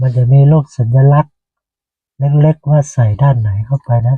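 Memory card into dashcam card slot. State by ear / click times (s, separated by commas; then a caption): not seated / none. A microSD memory card is handled at the card slot of a Hikvision C200S car dashcam, where it is meant to be pushed in until it locks. Someone talks in two bursts with a silent gap around 1.3–2.2 s, and nothing has seated or clicked yet.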